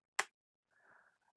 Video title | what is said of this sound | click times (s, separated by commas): The Switch Is All Grown Up! - Nintendo Switch 2 Unboxing and First Impressions | it clicks into place. | 0.2 s